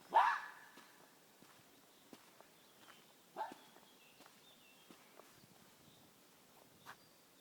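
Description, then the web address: Red fox screaming: a loud, rasping shriek at the start, a shorter, softer scream about three seconds later, then faint rustles. Fox screaming throughout the forest. "lis krzyczy na caly las"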